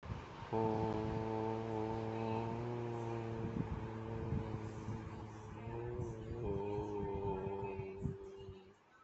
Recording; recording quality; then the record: sustained vowel as in boot; moderate, slight background noise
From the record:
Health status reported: respiratory illness, not identified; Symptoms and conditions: none ticked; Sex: male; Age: 36 years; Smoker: yes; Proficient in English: yes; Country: India